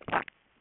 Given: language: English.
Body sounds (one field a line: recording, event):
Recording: throat vibration sensor signal played as sound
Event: swallow